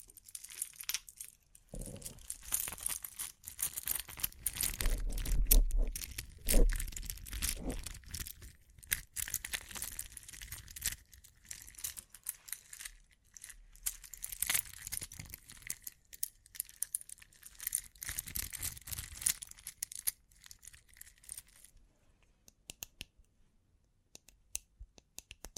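Bling bling triggers: dense, rapid clicking, crinkling and jangling of small hard objects, like coins or jewelry, continuing almost without pause. Low bumps cluster around five to seven seconds, and the activity thins to scattered taps after about twenty-one seconds.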